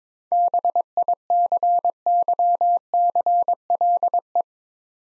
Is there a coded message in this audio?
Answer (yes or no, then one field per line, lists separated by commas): yes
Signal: Morse code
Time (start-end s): 0.3-4.4 s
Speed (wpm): 22 wpm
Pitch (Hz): 700 Hz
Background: none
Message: BICYCLE